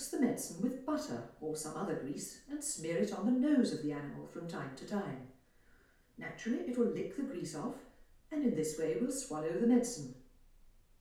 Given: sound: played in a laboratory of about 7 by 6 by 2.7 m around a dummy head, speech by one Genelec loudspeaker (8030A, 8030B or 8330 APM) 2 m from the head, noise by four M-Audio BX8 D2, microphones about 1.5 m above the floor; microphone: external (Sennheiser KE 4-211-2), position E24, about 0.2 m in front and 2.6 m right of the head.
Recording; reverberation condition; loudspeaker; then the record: female speech in English; medium; 30 degrees to the left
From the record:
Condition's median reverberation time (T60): about 510 ms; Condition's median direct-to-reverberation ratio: about -0.5 dB